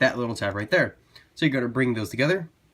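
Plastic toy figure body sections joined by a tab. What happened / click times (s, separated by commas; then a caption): The plastic sections are brought together but nothing has seated yet / none. Someone talks while handling the two halves of a small plastic transforming toy figure, bringing them together so a tab and nub will seat under the front section in car mode. Only speech is heard, with a quiet pause around 1.0 to 1.4 seconds. Nothing has seated or clicked yet.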